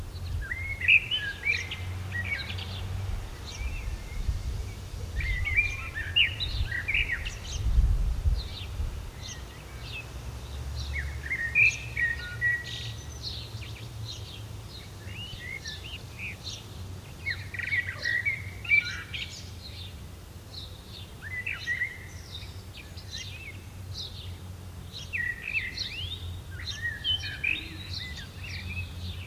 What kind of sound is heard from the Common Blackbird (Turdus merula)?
song